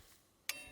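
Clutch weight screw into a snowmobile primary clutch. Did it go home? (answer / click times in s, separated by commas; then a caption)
yes / 0.5 s. A clutch weight screw is turned into a snowmobile primary clutch until it bottoms on its shoulder. After a quiet stretch, a single sharp, bright snap comes at 0.5 s, followed by a faint lingering ring. The snap signals that the screw is seated and tight enough.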